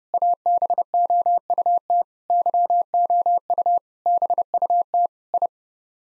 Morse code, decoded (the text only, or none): ABOUT YOU BUT I